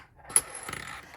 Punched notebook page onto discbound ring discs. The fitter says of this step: All right, so these just snap right in.